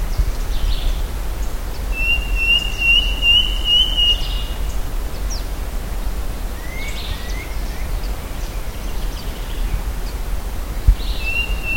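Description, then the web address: Bird calling: a high, even, slightly trilled whistle lasting about two seconds, plus scattered faint chirps, over steady loud low background rumble. "BIRD 2015 SABIOD 50 bird 2015"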